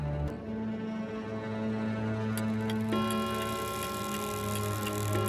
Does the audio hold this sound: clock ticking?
yes